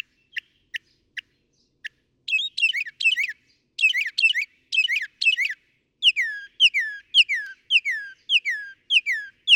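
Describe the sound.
Northern mockingbird song: a few isolated sharp notes, then clustered squeaky phrases, then a string of falling whistled slurs repeated in quick succession.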